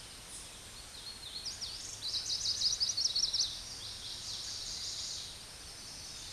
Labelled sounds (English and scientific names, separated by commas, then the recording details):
Chestnut-sided Warbler (Setophaga pensylvanica) song
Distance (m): 20 m
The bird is about 10 m above the microphone
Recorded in a Pennsylvania forest on 16 May 2024 at 08:55
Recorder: AudioMoth, point MSD-2320
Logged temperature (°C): 12.8 °C
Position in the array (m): 200 m, 174 m